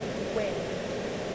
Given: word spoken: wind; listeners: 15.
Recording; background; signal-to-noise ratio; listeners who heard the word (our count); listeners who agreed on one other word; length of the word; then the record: one English word in noise, from a listening test; speech-shaped noise; -4.4 dB; 2 of 15; 7 of 15; 0.96 s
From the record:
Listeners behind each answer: 7, 3, 2, 2, 1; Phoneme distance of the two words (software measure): 7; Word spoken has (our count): 1 syllable, 4 phonemes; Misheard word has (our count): 1 syllable, 3 phonemes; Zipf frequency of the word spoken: 5.00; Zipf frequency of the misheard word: 5.49